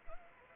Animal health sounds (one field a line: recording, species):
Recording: mosquito wingbeat signal from an infrared sensor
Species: Anopheles arabiensis